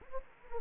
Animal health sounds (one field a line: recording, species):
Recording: mosquito wingbeat signal from an infrared sensor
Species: Anopheles gambiae